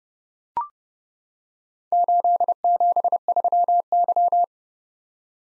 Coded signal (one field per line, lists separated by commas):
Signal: Morse code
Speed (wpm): 30 wpm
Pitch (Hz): 700 Hz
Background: none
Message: 873Y